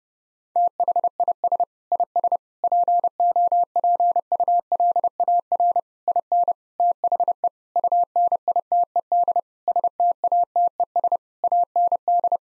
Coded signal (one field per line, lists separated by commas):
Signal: Morse code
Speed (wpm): 32 wpm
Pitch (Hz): 700 Hz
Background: none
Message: THIS IS POPULAR IN THE UNITED STATES AND